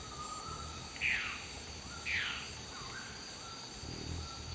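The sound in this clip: Dusky-throated antshrike giving two harsh, downward-slurred notes about a second apart, with a constant insect drone behind.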